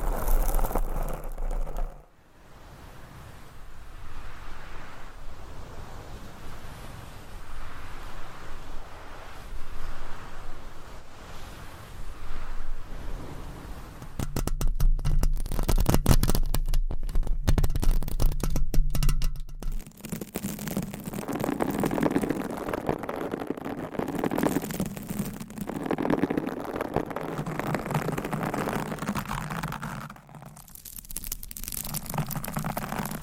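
Nails scratch across microphone covers in a dense, continuous rasp with no clear pauses. Brief dropouts come near 2 and 30 seconds, and a rougher, louder stretch of rapid crackling and thumping runs from about 14 to 20 seconds, with a low rumble underneath.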